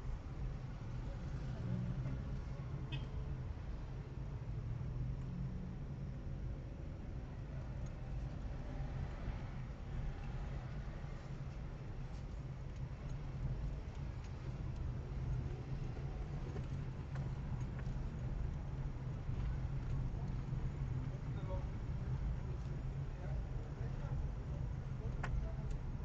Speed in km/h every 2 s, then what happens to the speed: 10, 11, 10, 9, 9, 8, 9, 13, 14, 14, 13, 13, 12.
0-26 steady at about 11.